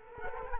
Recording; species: mosquito wingbeat signal from an infrared sensor; Culex quinquefasciatus